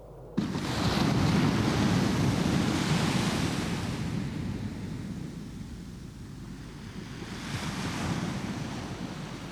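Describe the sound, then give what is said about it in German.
Atlantic Ocean waves break on beaches in the morning in a steady, roaring wash of surf, swelling loud at the start, easing off, then surging again near the end. No voices are heard. “Der Atlantik stürzt in den Morgen und bricht sich an jenen Stränden.”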